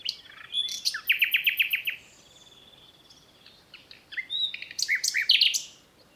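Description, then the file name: Common nightingale song: a fast run of evenly repeated loud notes, a pause, then a varied phrase of whistles and chattering notes. "Luscinia megarhynchos"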